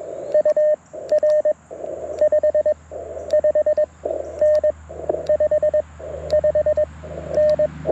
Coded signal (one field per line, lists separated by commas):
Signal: Morse code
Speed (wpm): 21 wpm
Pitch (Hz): 610 Hz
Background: none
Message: UR 55N 55N